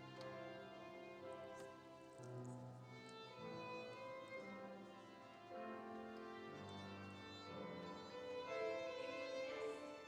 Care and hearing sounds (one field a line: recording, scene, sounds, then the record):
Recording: everyday scene through a hearing-aid microphone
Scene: reverberant space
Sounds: music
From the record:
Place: church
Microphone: in the ear canal, right